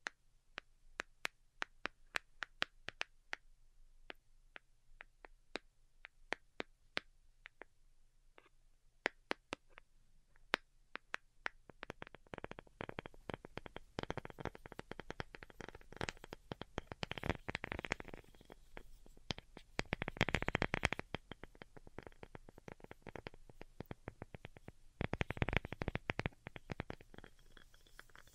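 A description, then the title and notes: Delicate tapping in quick, crisp little clicks, sparse and scattered through the first twelve seconds. After that it turns denser and busier, with clusters of rapid taps and brief scratchy flurries around 17, 20 and 26 seconds, over a faint low hum. ASMR DELICATE Tapping for Sleep (No Talking).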